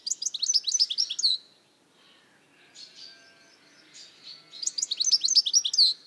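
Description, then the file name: European goldfinch giving a rapid, tinkling run of bright chattering notes, then a softer buzzy interlude before another lively burst of twitters. "Carduelis carduelis"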